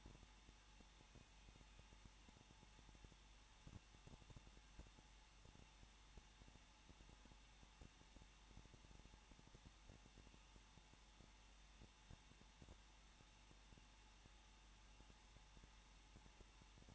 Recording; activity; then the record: daily activity, microphone in the room; no activity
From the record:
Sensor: 1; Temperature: 20.1 degrees Celsius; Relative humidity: 39.4%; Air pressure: 1006.4 hPa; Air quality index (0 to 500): 219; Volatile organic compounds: 81 ppm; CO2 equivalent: 3611 ppm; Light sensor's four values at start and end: 1/2/1/1 and 1/2/1/1